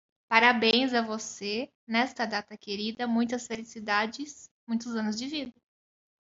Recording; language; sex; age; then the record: short text; Brazilian Portuguese; female; 30 to 39 years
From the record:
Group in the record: control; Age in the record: 32 years